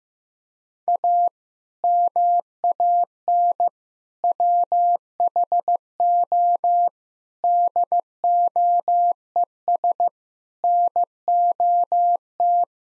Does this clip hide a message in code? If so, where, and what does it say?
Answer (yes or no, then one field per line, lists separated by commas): yes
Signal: Morse code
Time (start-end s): 0.9-12.6 s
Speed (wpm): 15 wpm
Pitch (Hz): 700 Hz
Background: none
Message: A MAN WHO DOES NOT